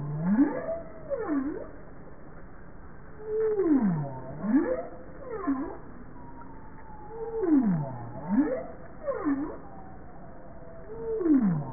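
Bowhead whale song of paired notes, each a deep U-shaped sweep falling and rising, followed by a shorter V-shaped note, repeating roughly every four seconds over steady low sea noise.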